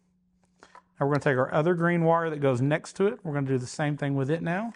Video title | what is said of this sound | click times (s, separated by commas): How to Install Cicada Audio 2000 Watt 2024-UP Road Glide CXK Stage 4 Package for Harley Davidson® | and just pushing through till it clicks. | 0.6 s